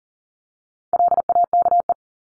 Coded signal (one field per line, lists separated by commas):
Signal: Morse code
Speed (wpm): 40 wpm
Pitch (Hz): 700 Hz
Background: none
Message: LAKE